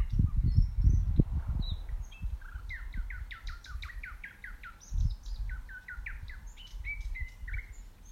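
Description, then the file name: Common nightingale song with fast series of rising slurred notes, plus high thin whistles; low thumping and rumbling noise underneath. "Luscinia megarhynchos"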